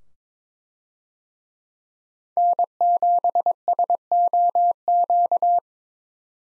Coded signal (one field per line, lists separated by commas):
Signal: Morse code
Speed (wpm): 22 wpm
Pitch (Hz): 700 Hz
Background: none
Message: N7SOQ